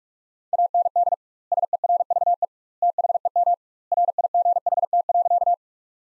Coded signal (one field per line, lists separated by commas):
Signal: Morse code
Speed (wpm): 46 wpm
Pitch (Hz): 700 Hz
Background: none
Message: AND SERVE THEM RIGHT.